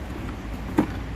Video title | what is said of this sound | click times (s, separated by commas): VULCAN 650 Touring Set #051224 ( SHAD SH23 + PANTHER 3P Side rack ) | ครับดึงสลักปึ๊บนะ | 0.8 s